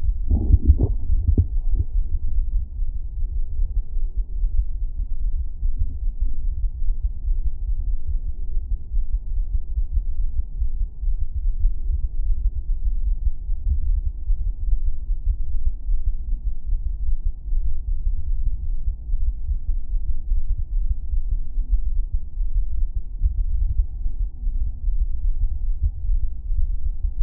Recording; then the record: fetal heart sounds by stethoscope on the mother's abdomen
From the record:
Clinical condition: thrombocytopenia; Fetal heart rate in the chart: 135 bpm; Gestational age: 35 weeks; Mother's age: 24 years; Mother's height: 153 cm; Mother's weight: 62 kg